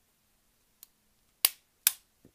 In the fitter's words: and gosh I love how satisfying how solid that snap is I want to do it again